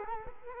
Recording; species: mosquito wingbeat signal from an infrared sensor; Culex quinquefasciatus